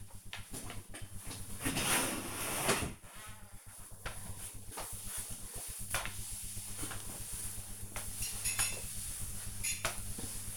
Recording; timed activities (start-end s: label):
household activities, microphone on the right wrist
0.00-10.57 s: floor cleaning